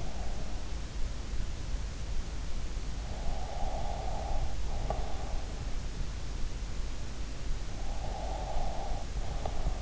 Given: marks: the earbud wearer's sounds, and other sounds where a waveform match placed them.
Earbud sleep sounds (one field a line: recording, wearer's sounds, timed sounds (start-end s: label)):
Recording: sounds in sleep by an in-ear microphone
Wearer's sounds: breath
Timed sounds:
3.33-5.24 s: breath
8.07-9.81 s: breath